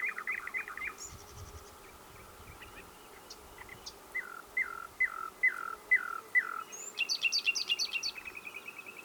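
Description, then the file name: Common nightingale song with a short trill, then several descending slurred notes repeated about every half second, ending in a rapid high chatter; faint hum in background. "Luscinia megarhynchos"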